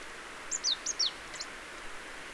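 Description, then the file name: Marsh tit call: a brisk run of four thin, high notes, each dropping sharply in pitch, followed by a fainter note, against a soft background hiss. "Poecile palustris"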